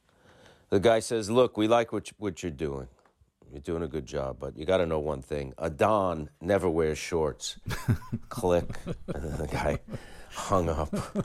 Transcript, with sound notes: The guy says, look; we like what you're doing. You're doing a good job. But you got to know one thing - a don never wears shorts.
(Laughter).
Click - and then the guy hung up.